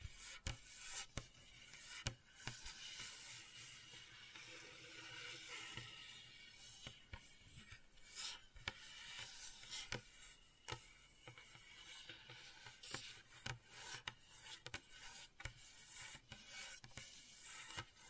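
Gentle scratching with a soft, bright rasp, broken by frequent quick sharp taps and clicks scattered irregularly throughout, over a steady faint hiss.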